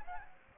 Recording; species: mosquito wingbeat signal from an infrared sensor; Aedes aegypti